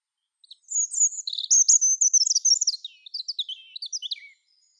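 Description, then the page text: European robin singing a continuous warbling phrase of high, sweet notes with quick trills and whistled slurs. "Птицы-целители - Зарянка (Erithacus rubecula)"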